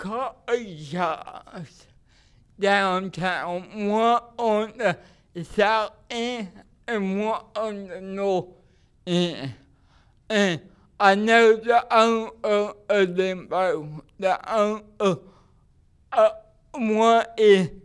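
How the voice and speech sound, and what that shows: An adult man speaks slowly and effortfully, with stretched nasal vowels, blurred consonants and long pauses: dysarthria from cerebral palsy, heard as an accent in his speech.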